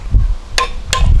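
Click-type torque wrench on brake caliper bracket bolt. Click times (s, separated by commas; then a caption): 0.6 s, 0.9 s. A click-type torque wrench set to 130 tightens a caliper bracket bolt on the rear brake of a RAM pickup truck. Two sharp, bright metallic clicks ring out at 0.6 s and 0.9 s over a low rumbling background. The clicks show the set torque has been reached, which means to stop tightening.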